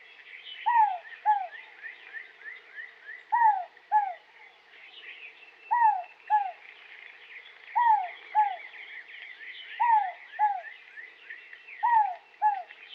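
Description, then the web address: Inca dove repeating its doubled cooing phrase about every two seconds, six times, with a busy chorus of high bird chirps in the background. Western North America. "Dan Gibson Wildlife Identification By Sound, Western North America. Inca Dove"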